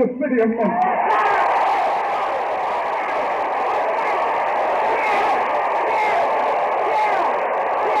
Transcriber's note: soundbite of audience cheering, yelling